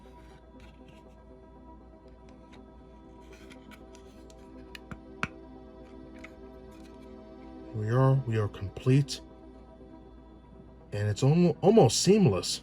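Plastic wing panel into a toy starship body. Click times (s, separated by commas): 5.2 s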